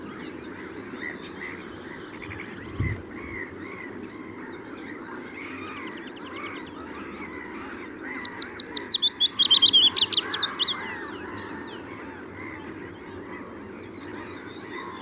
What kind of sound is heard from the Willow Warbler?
song